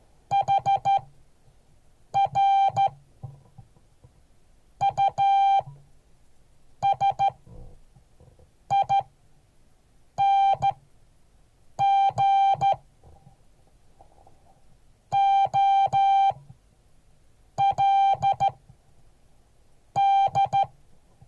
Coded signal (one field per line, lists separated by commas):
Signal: Morse code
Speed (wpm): 13 wpm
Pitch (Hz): 790 Hz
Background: none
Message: HR USING OLD